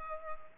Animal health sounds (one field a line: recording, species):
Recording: mosquito wingbeat signal from an infrared sensor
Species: Culex pipiens